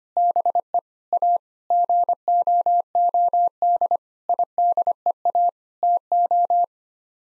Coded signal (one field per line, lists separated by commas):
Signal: Morse code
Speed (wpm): 25 wpm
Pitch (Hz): 700 Hz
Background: none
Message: BE A GOOD IDEA TO